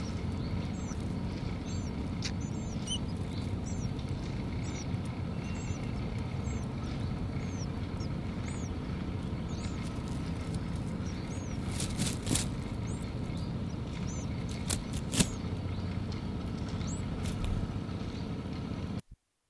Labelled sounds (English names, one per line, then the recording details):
Willow Warbler
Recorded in the wild
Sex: female
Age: diverse
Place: Lichtenbergerhöhe, Tübingen, Baden-Württemberg, DE
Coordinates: 48.5147, 9.03611
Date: 1967-06-26 11:18
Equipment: Nagra III PH, MD 421, LGS26
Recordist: Schneider, Hans-Joachim